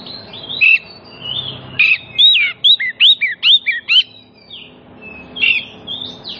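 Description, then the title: Oriental magpie-robin song: a run of short, loud whistled notes sweeping up and down, rapid phrases bunched in the middle, with softer slurred whistles before and after. Kacer song played as a lure so that other magpie-robins start singing within about five minutes, meant for birds that have stopped singing. "Cukup Hitungan Menit Kacer Lain Bisa Bunyi. CUKUP 5 Menit Kacer LAIN NYAUT JADI GACOR, PANCINGAN KACER MACET BUNYI"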